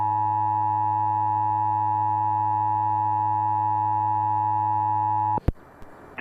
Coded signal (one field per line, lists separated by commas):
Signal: Emergency Alert System (SAME) tones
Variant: 853 and 960 Hz attention tone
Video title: EAS Test June 2006